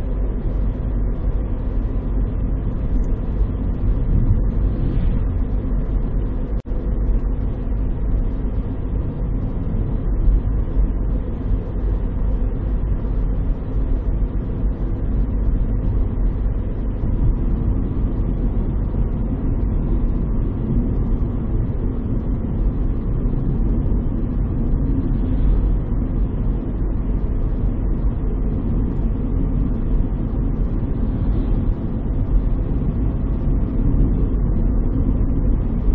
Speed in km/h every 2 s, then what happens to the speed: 54, 54, 54, 54, 54, 54, 54, 54, 54, 53, 53, 53, 53, 54, 55, 55, 55, 52.
0-36 steady at about 54.